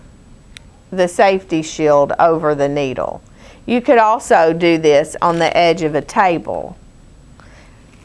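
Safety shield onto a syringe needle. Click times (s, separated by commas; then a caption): 0.6 s. A thumb pushes the plastic safety shield of a used injection syringe over its needle, and a sharp click at 0.6 s marks the shield locking into place. Someone talks throughout the clip. The shield is seated, covering the needle.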